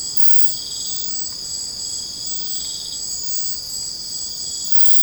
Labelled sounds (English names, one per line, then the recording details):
none
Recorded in secondary vegetation near Puerto Asís, Putumayo, Colombia, on 20 December 2024 at 01:30
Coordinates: 0.499, -76.323
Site G010